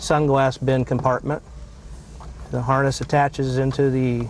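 Someone talks while handling the BlueConnect main wiring harness connector, a plastic multi-pin plug, as it is brought to its mating socket on the overhead UIB console interface assembly in the sunglass bin compartment. Only speech is heard, with a faint brief sound around 2.4 s. Nothing has seated or clicked yet.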